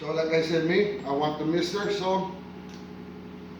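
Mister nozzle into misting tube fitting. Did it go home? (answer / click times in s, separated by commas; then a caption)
no / none. A plastic mister nozzle from a Ryobi 12 ft × 3/8 in. expandable misting kit is being handled before it is pushed into a fitting on the misting tubing. Someone talks over quiet room tone. Nothing has seated or clicked yet.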